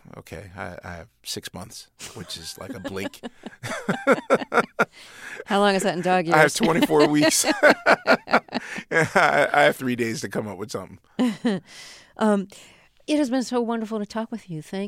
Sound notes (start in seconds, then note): 2.0 laughter; 7.5 laughter